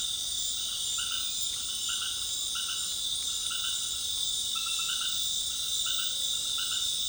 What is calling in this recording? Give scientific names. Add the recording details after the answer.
none. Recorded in dense forest near Puerto Asís, Putumayo, Colombia, on 21 February 2024 at 19:30. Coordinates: 0.502, -76.324. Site G6370